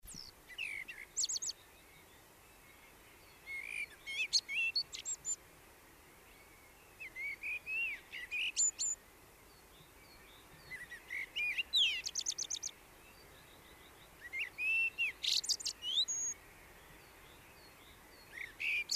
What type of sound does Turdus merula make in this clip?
song